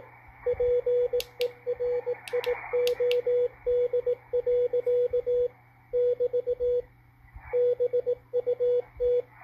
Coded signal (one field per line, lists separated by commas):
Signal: Morse code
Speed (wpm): 18 wpm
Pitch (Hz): 490 Hz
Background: radio noise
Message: PERIOD. <BT> BUT